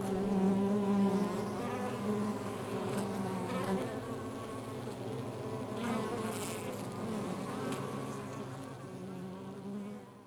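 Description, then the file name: Honey bees buzzing, a dense steady hum of many wingbeats with layered overtones, fading at the end. Recorded outside a beehive. "Ruche Exterieur"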